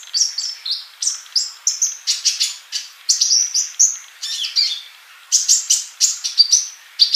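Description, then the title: Bird song made of high whistled phrases and buzzy chirps in a lively, varied sequence, each note lasting a fraction of a second with short gaps. "Kicau Burung"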